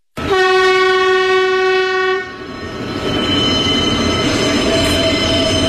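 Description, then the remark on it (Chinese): A loud, steady train horn blares for about two seconds, then gives way to the continuous rumble and clatter of a train rolling past, with faint metallic squeals over the roar. “我的职业是自由摄影师，我拍摄的主要对象是中国大地上的火车。”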